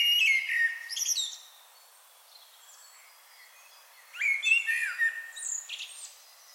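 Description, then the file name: Common blackbird song, the tail of one phrase at the start, a pause, then another rich fluting phrase ending in shrill squeaky notes. "Turdus merula"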